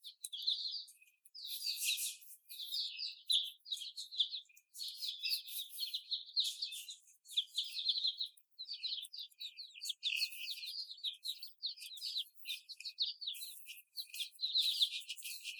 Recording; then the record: young laying hens in a cage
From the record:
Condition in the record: before the stressor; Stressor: simulated dog barking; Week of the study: 4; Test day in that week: 2